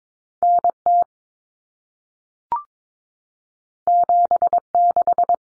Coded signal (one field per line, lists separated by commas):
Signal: Morse code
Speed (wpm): 22 wpm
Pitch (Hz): 700 Hz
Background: none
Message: NT 76